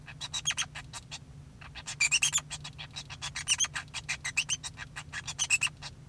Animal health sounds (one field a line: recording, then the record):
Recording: song of a male Bengalese finch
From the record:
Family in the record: son of father 2